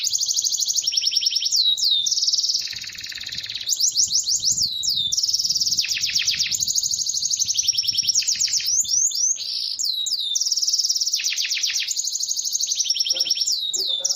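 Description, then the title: Bird song: continuous high trilling phrases alternating with quick downswept whistles, looping on repeatedly for the whole stretch. "Masteran burung terlengkap"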